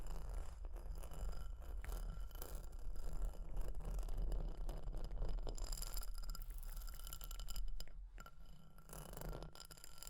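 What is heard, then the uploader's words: Fire crackling with dense, irregular snaps and pops running through the whole ten seconds, over a steady low rumble. Sharp clicks and taps stand out near the start and around the eighth second, and the sound thins briefly after that before picking up again. Fire Crackling, Tapping, Scratching.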